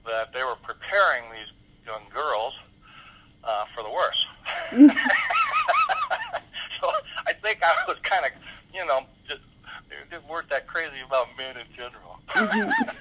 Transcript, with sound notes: that they were preparing these young girls for the worst. (laughs) So I think I was kind of, you know, they just weren't that crazy about men in general.